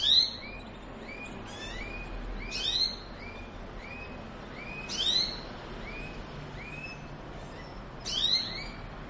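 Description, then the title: Belgian canary song in four quick chirp-and-trill bursts a few seconds apart, with soft upswept notes in between. Song meant to warm up other canaries and stimulate singing; described as a mating canary's song. "Canto Para Esquentar Canário Belga. suara kenari kawin"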